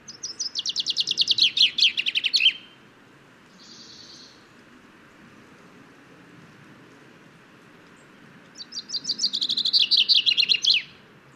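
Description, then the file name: Common chaffinch delivering two songs, each a rattling series of notes dropping in pitch to a terminal flourish, with a soft buzzy note between. "Fringilla coelebs"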